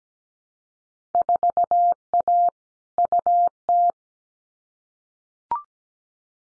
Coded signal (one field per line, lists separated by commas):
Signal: Morse code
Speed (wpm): 17 wpm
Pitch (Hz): 700 Hz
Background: none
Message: 4A UT